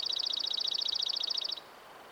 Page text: Атлас птиц - Серый юнко. Junco hyemalis